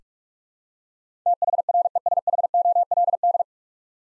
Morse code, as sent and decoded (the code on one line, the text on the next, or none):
- .... .-. . ... .... --- .-.. -..
THRESHOLD